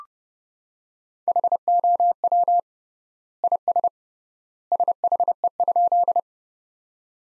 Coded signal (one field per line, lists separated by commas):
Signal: Morse code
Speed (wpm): 30 wpm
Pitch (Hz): 700 Hz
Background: none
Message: HOW IS SHE?